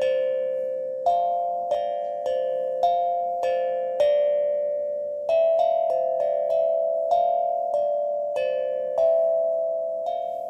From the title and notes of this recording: The healing music frequencies of the tibetan singing bowl, third eye singing bowl, chakra drum and yes my tibetan dragon tingsha bells.